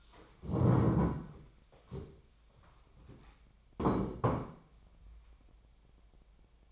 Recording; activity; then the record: daily activity, microphone in the room; stand up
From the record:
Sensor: 1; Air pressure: 1015.3 hPa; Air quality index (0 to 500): 148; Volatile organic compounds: 8 ppm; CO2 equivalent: 2056 ppm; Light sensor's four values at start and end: 12/30/12/14 and 12/30/12/14